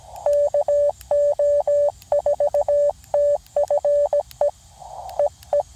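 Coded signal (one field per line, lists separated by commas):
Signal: Morse code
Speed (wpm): 17 wpm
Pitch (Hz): 580 Hz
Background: none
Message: KO4TFE EE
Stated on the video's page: QRP CW from a POTA park activation, with bad copying and rough sending.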